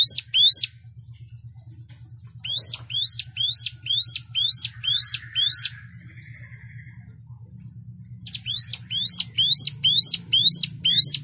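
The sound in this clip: Plain prinia song: bursts of rapidly repeated high rising-falling notes, about two per second, in long runs with pauses, over a steady low hum.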